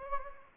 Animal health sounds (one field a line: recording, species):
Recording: mosquito wingbeat signal from an infrared sensor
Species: Anopheles gambiae